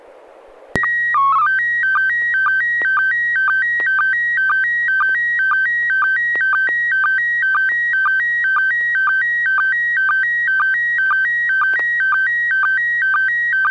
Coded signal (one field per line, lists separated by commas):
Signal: SSTV (slow-scan television)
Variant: PD 120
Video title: N6NA SSTV Net - 11/16/2022